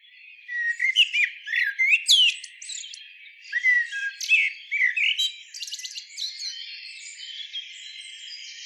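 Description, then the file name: Common blackbird singing in bursts of varied fluty notes and sharp rising squeaks, then a thinner, quieter twittering stretch toward the end. "Turdus merula"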